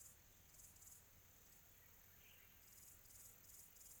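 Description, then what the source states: Cricket chirping in irregular broken bursts with pauses, high and buzzy, over a quiet low background hum. Quiet tropical atmosphere.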